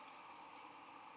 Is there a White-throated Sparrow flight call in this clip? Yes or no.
no